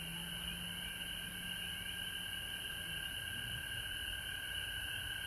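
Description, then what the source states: Frogs calling in a dense, unbroken chorus at two pitches, with no pauses throughout. Recorded at home in Georgia on March 19, 2020.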